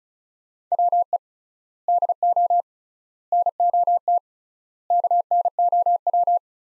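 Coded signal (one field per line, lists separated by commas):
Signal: Morse code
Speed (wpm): 36 wpm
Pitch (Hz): 700 Hz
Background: none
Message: WE DO NOT KNOW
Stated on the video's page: Morse practice of five-word sets at 35wpm with 3x word spacing, a Farnsworth-like method, each set sent in Morse before being spoken.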